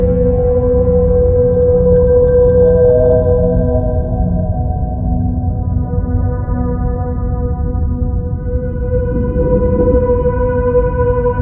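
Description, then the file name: Whale song: long, steady tonal moans with stacked harmonics, held for several seconds and shifting pitch slightly, over a constant low rumbling background. Song of a mother whale. "Sonido Canto de Ballenas - Madre Ballena"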